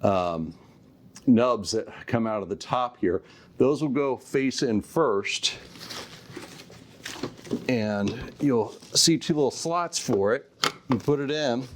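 A Dell 27-inch P2724DEB video conferencing monitor's stand neck is angled face-in first so its two nubs line up with the two slots in the stand base while someone talks. A small contact knock is heard at 7.1 s, but the neck has not yet been pushed home and nothing has clicked.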